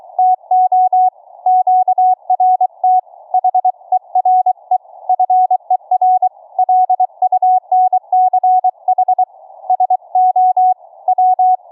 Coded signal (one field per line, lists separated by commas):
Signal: Morse code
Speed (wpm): 22 wpm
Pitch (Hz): 740 Hz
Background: none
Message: TO QRT HERE FER LUNCH SO W